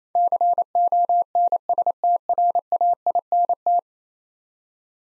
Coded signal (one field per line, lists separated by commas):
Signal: Morse code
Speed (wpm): 28 wpm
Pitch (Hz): 700 Hz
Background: none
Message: CONSTRAINT